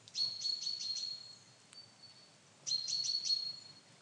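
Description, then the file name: Common chaffinch calling in two quick bursts of high, clipped notes over a thin sustained tone, separated by a pause of about a second and a half. "Fringilla coelebs"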